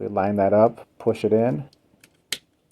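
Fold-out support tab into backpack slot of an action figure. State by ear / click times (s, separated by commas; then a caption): seated / 2.3 s. Someone talks while a small fold-out plastic support tab on a Hasbro Transformers MPM-15 Decepticon Brawl Masterpiece figure is lined up with its slot in the backpack and pushed in. After a short pause with a faint tick near 2.0 s, a sharp click at 2.3 s marks the tab seating, locking the backpack in place.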